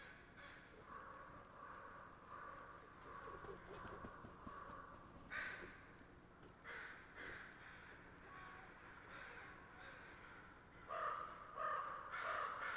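Crows and ravens call over and over, their rough caws overlapping into a dense, restless chatter that never stops. Louder, harsher calls break out around five seconds and again near the end. A low rumble runs steadily underneath.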